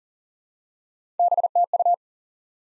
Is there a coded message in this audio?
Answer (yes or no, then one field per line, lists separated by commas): yes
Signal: Morse code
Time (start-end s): 1.2-1.9 s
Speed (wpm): 40 wpm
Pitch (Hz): 700 Hz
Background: none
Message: BTU